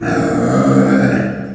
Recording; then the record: squeal of a Yucatan mini pig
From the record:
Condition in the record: after surgery on the right vocal fold (resection and tissue-engineered implant); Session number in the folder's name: 3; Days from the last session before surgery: 21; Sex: female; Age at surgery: 19 weeks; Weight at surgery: 25 kg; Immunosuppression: prednisolone